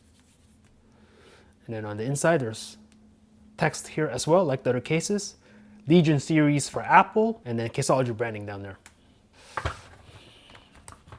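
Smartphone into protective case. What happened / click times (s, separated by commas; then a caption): The phone case is being handled but has not yet snapped home / none. Someone talks while handling an iPhone 11 Pro Max and a rugged plastic/polycarbonate Caseology protective case, with the phone about to be pressed into the case. Speech fills most of the clip, followed by a few sharp handling taps near the end. Nothing has seated or clicked yet.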